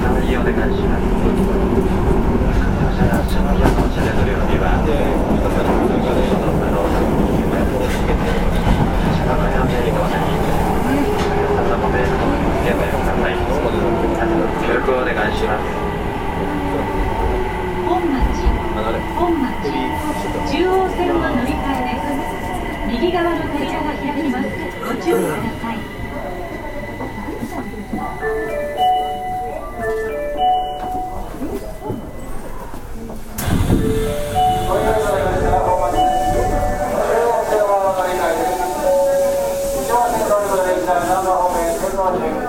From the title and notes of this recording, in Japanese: 大阪市交 30000系 新大阪からなんばまで。大阪市交通局の30000系電車の走行音です。御堂筋線にて収録しました。区間は、新大阪からなんばまでです。